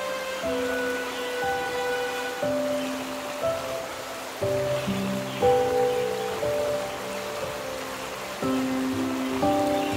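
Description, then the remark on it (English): Steady, continuous rushing of a flowing stream under a hot sun runs throughout at an even level, with sustained melodic tones playing over it and no talking. “the moment he heard the sound of a stream, he ran towards it.”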